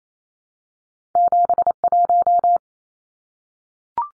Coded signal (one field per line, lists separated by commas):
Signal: Morse code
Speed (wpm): 28 wpm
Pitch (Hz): 700 Hz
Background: none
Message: 71